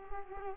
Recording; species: mosquito wingbeat signal from an infrared sensor; Culex quinquefasciatus